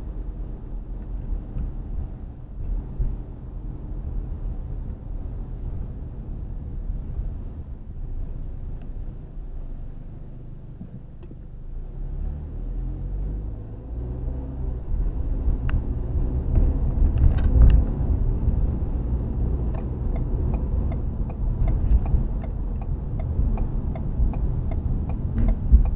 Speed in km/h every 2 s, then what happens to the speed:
26, 26, 23, 18, 2, 5, 15, 23, 27, 32, 34, 32, 27.
0-8 slows to 2. 8-19 pulls away to 34.